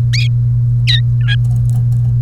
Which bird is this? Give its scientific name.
Serinus canaria